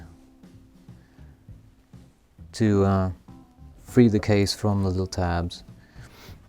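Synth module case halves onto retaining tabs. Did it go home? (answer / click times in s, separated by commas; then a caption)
no / none. The case halves of an E-Mu Proteus 1 Plus synth module are handled around their retaining tabs after a screwdriver is used to free the case from the little tabs, while someone talks. Only faint low handling sounds are heard under the voice. Nothing has snapped back together or clicked yet.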